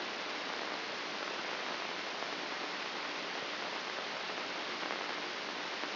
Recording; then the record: brain microelectrode recording played as sound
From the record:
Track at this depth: inside the subthalamic nucleus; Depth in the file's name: 4.23 mm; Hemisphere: left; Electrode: 2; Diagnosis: Parkinson's disease